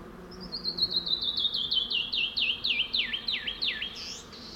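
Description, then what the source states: Canyon wren song: a cascade of clear whistled notes descending steadily in pitch and slowing, ending in lower slurred notes, with a faint bee buzz beneath. Wild bird singing loudly from the top of a large boulder across a wash in a canyon in the Chisos Mountains, Big Bend, Southwest; bee buzz present.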